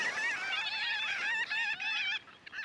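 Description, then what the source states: Marbled Godwit flock calling: many overlapping nasal, wavering calls form a dense continuous chorus that thins abruptly near the end. Migrating north; most breed in Canada's prairie provinces, some nest in Alaska's Aleutian Islands.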